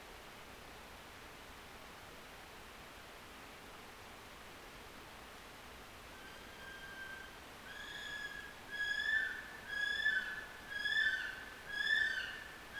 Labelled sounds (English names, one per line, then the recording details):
North Island Brown Kiwi male call
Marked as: faintness 1/5
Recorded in New Zealand on 12 February 2013
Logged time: 22:59
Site DH65